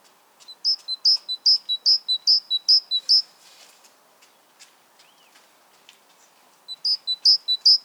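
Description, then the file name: Great tit song of bright two-note phrases repeated rapidly, a quiet gap, then the phrases start again. "Parus major"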